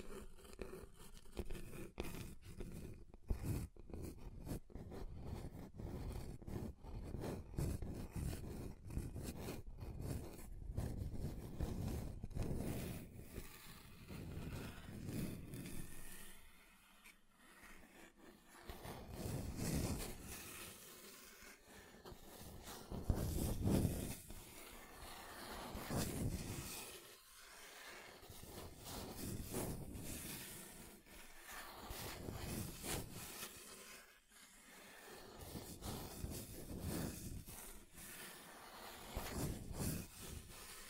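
Scratching on different table surfaces, a dense, rough scraping that fills the clip. The first fifteen seconds are busy and fairly even. After that the scratching comes in longer swells separated by short pauses, roughly every three to four seconds, some strokes brighter and louder.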